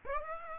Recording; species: mosquito wingbeat signal from an infrared sensor; Aedes aegypti